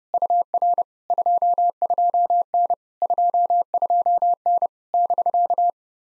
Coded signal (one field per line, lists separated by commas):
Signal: Morse code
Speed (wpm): 28 wpm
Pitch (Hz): 700 Hz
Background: none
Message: UR 22N 22N <BK>